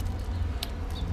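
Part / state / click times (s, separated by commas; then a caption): locking cuff on a folding handlebar hinge of an electric scooter / seated / 0.6 s. On an EcoReco M5 electric scooter, the folding side handlebar grips are popped up and a small sliding locking cuff snaps over the hinge to hold them upright so they won't fold back down while riding. One sharp, short snap is heard at 0.6 s over a steady low rumble, and the cuff is seated.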